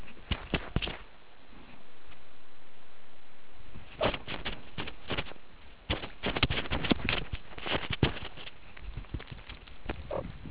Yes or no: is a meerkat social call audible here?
no